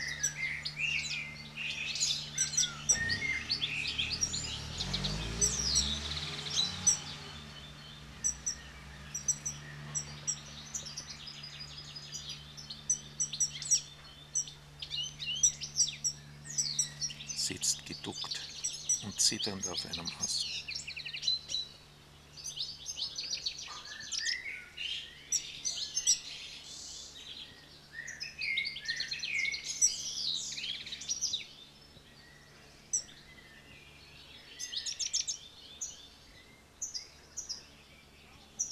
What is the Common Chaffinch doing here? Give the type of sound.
call